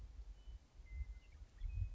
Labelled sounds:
Western Meadowlark (Sturnella neglecta)
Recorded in Sonoma County, California

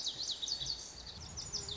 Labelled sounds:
Lazuli Bunting (Passerina amoena)
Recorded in Sonoma County, California

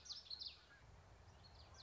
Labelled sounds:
Common Yellowthroat (Geothlypis trichas)
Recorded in Sonoma County, California

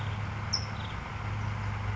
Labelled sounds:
California Towhee (Melozone crissalis)
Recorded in Sonoma County, California

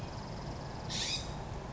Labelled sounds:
California Scrub-Jay (Aphelocoma californica)
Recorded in Sonoma County, California

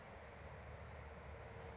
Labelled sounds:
Bewick's Wren (Thryomanes bewickii)
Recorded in Sonoma County, California

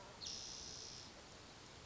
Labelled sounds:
Spotted Towhee (Pipilo maculatus)
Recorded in Sonoma County, California

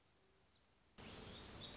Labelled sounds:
Black-throated Gray Warbler (Setophaga nigrescens)
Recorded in Sonoma County, California

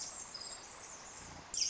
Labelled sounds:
Pacific Wren (Troglodytes pacificus)
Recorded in Sonoma County, California

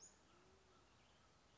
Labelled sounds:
Band-tailed Pigeon (Patagioenas fasciata)
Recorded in Sonoma County, California

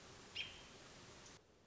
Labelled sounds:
American Robin (Turdus migratorius)
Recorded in Sonoma County, California

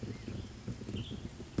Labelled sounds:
Western Tanager (Piranga ludoviciana)
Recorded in Sonoma County, California

